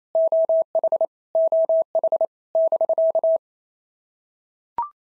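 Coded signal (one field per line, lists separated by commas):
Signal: Morse code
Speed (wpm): 28 wpm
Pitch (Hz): 650 Hz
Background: none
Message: OH OH <BK>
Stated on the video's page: Morse code drill at 28 wpm of POTA QSO exchanges, each sent in Morse, spoken, then sent again.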